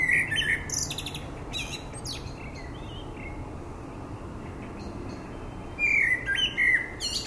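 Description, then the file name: Common blackbird giving a brief fluty whistled phrase with squeaky high tails at the start, then after a long pause a few more short phrases near the end, over steady background noise. "Turdus merula"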